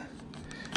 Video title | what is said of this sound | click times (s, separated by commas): Fuel Water Filter Change, Mercury V6, V8, 175-300hp | See, it's clipped in now. | 0.8 s